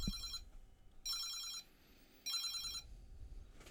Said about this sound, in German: Boah, Telefon.